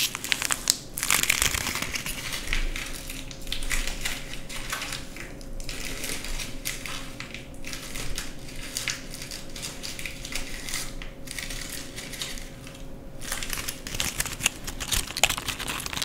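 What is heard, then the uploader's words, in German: Paper is cut, torn and crumpled in a dense, continuous stream of crisp crinkling and rustling, with sharper snips and tears breaking through every second or so. A steady faint hum runs underneath throughout, and a louder burst of crackling lands near the start. Scheren- und Schneidesounds. In dieser Folge zerschneide und zerreiße/knülle ich Papier.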